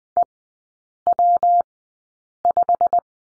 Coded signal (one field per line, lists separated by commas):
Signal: Morse code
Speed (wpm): 20 wpm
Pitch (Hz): 700 Hz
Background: none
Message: EW5